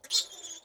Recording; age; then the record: pig call; piglet (1 to 25 days)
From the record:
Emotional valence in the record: negative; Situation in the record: restrain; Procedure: back test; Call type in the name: high-frequency call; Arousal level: medium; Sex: female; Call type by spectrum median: high-frequency call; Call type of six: high-frequency stable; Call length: 0.65 s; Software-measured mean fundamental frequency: 200 Hz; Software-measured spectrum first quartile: 3947 Hz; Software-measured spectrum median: 4793 Hz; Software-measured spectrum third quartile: 6406 Hz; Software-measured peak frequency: 4168 Hz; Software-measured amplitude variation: 280 dB a second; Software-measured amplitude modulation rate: 12.3 a second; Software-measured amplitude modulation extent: 22.8 dB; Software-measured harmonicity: 4.2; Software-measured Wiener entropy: -1.89